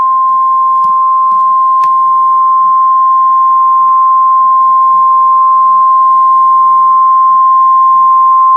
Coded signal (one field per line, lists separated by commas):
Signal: Emergency Alert System (SAME) tones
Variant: 1050 Hz attention tone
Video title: REAL EAS 1147-High Wind Warning